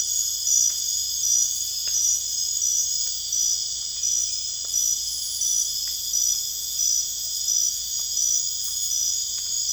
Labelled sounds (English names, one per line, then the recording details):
none
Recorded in dense forest near Puerto Asís, Putumayo, Colombia, on 21 December 2024 at 23:00
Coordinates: 0.484, -76.325
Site G056